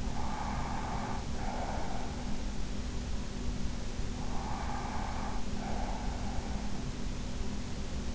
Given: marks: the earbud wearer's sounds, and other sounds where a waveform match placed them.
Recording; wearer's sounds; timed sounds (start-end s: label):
sounds in sleep by an in-ear microphone; breath
0.00-2.11 s: breath
4.19-6.57 s: breath